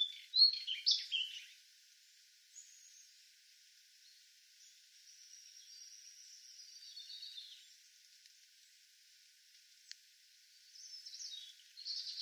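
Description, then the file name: European robin singing a brief burst of high, jumbled twittering notes at the start, followed by a long faint wavering note and a soft closing phrase. "Erithacus rubecula"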